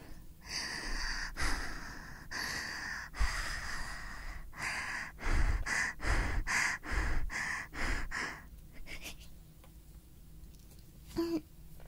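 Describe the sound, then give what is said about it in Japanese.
A voice imitates heavy panting for ASMR, recorded with a black 3Dio microphone, a run of quick, breathy huffs that speed up into a rapid rhythm before trailing off into quieter breaths. “息切れの真似すると本当に息切れしてる。”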